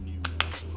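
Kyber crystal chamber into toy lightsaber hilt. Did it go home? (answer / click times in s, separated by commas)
yes / 0.2 s, 0.4 s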